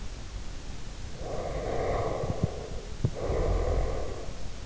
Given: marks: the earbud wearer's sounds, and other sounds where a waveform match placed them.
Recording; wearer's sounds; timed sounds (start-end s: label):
sounds in sleep by an in-ear microphone; breath
1.13-4.51 s: breath